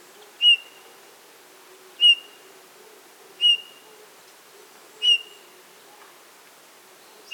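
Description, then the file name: Eurasian bullfinch calls: soft, level piping whistles repeated about every one and a half seconds over a quiet background. "Pyrrhula pyrrhula"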